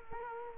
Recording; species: mosquito wingbeat signal from an infrared sensor; Culex quinquefasciatus